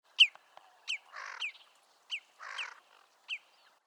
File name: Tufted Duck